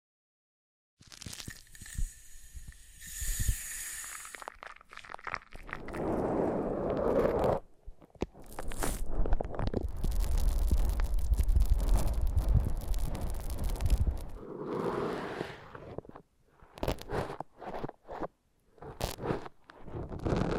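Foam massage: squishy rubbing and scraping strokes, starting after a second of silence, with a long dense stretch midway and choppier bursts near the end.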